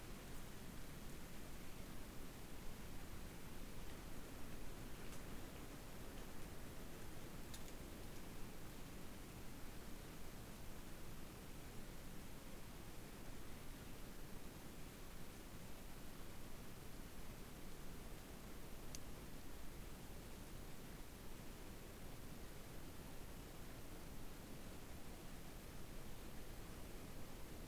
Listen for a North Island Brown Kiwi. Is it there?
no